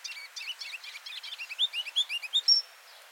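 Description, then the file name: Ruby-crowned kinglet song: a rapid run of thin high notes that builds into louder, repeated phrases, ending in a higher, drawn-out note. "Regulus calendula - Ruby-crowned Kinglet"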